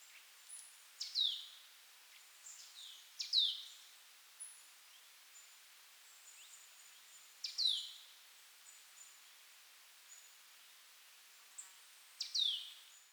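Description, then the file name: Marsh tit calls: sharp high ticks, each followed by a quick downward-sweeping note, given in short bursts every two to five seconds over a faint hiss. "Poecile palustris"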